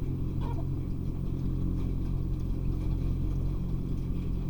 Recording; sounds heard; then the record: poultry house recording; healthy chickens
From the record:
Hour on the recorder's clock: 3